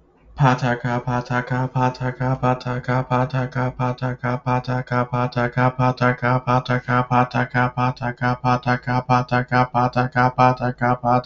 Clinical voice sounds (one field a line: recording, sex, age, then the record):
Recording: repeated syllables /pa ta ka/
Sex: male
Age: 30 to 39 years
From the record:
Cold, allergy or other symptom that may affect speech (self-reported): no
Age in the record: 35 years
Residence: Illinois, United States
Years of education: 14